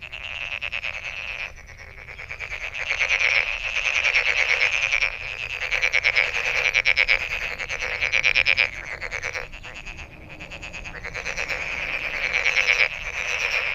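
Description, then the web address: Frog chorus of fast pulsed croaks and trills over a constant high ringing, swelling and fading in waves with short gaps between bursts. Recorded 23 May 2008. "misc sound frog frog 20080523"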